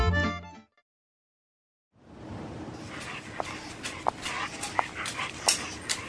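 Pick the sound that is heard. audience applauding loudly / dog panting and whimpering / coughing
dog panting and whimpering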